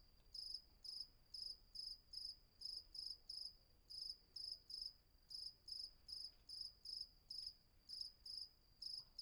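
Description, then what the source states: Cricket chirps, short high trilled bursts repeated in a slightly uneven rhythm, quiet night background. Night atmosphere at Vagia, Patmos, Greece; recorded with Fostex FR-2 and MKH800.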